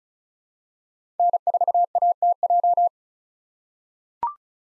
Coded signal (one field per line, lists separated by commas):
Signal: Morse code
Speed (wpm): 34 wpm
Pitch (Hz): 700 Hz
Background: none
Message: N4ATJ